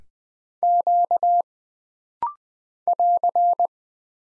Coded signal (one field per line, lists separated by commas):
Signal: Morse code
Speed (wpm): 20 wpm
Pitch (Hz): 700 Hz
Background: none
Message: Q <AR>